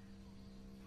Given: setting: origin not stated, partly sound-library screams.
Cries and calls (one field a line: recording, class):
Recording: one-second piece from a danger detection set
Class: normal situation